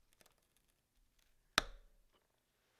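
Pliers push the spring clip of a dirt bike chain's master link over the link pins. After a faint tick, a loud, sharp snap at 1.6 s rings briefly and fades, and the clip is seated in place.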